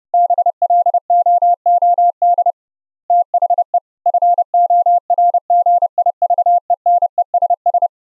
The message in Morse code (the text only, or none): BLOOD THE FORGIVENESS